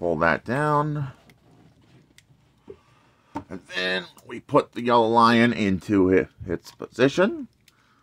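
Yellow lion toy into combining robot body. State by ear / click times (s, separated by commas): not seated / none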